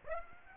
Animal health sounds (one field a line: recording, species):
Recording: mosquito wingbeat signal from an infrared sensor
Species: Aedes aegypti